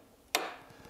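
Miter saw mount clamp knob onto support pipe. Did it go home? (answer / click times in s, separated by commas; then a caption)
yes / 0.4 s. An adjustment knob on a miter saw mount is twisted gently, not forced so nothing inside gets bent, until its clamp engages the metal support pipe. A single sharp, bright click at 0.4 s rings briefly and fades over about a quarter second against a quiet background. The clamp is seated on the pipe.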